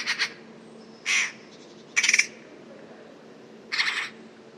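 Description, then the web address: Bird calls: a few short, rasping pulsed bursts one to two seconds apart, over low background hiss. Call written as 'pi pi pi pi'. "cianscape birddata"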